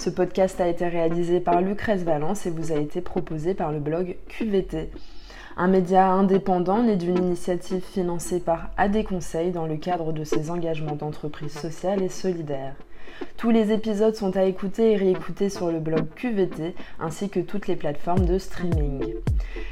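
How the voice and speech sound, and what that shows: A woman speaks French in a smooth, steady closing announcement with a clear, mid-pitched voice and only brief pauses between phrases. Her speech is fluent and ordinary, with no repetitions, blocks or strain heard. The room sounds quiet.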